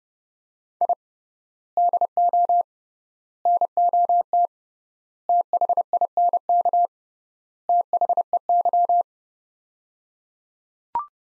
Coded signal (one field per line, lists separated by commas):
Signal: Morse code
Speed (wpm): 30 wpm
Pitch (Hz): 700 Hz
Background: none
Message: I DO NOT THINK THEY